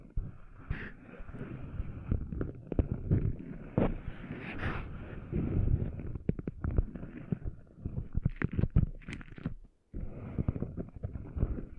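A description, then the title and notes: Sand being cleaned out of an ear makes a muffled, scratchy rumble, thick with low thumps and quick crackling pops. The scraping runs almost continuously, with sharper bursts around 4–5 and 8–9 seconds, then stops briefly near 9.7 seconds before resuming. ASMR Cleaning Sand Out of Your Ears (No Talking).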